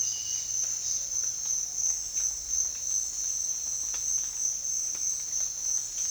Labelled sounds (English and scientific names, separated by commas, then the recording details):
none
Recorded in secondary vegetation near Puerto Asís, Putumayo, Colombia, on 19 June 2025 at 06:30
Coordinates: 0.485, -76.322
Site GP06